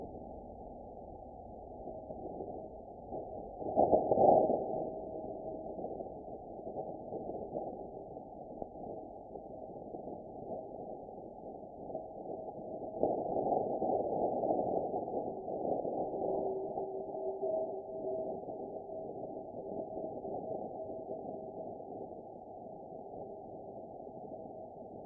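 A Martian impact recording: low, muffled rumble cut off above 900, with a sharp thud near four seconds and a swelling rumble around thirteen to seventeen.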